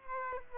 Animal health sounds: mosquito wingbeat signal from an infrared sensor; Aedes aegypti

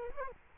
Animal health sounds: mosquito wingbeat signal from an infrared sensor; Culex quinquefasciatus

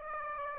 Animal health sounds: mosquito wingbeat signal from an infrared sensor; Aedes aegypti

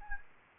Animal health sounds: mosquito wingbeat signal from an infrared sensor; Anopheles gambiae

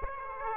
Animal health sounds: mosquito wingbeat signal from an infrared sensor; Aedes aegypti

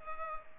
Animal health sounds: mosquito wingbeat signal from an infrared sensor; Culex pipiens

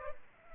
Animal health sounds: mosquito wingbeat signal from an infrared sensor; Culex pipiens

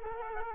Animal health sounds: mosquito wingbeat signal from an infrared sensor; Culex quinquefasciatus

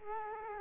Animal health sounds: mosquito wingbeat signal from an infrared sensor; Culex quinquefasciatus

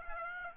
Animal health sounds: mosquito wingbeat signal from an infrared sensor; Aedes aegypti

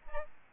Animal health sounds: mosquito wingbeat signal from an infrared sensor; Aedes albopictus

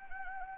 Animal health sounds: mosquito wingbeat signal from an infrared sensor; Anopheles arabiensis

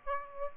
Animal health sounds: mosquito wingbeat signal from an infrared sensor; Aedes aegypti

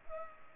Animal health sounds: mosquito wingbeat signal from an infrared sensor; Culex pipiens

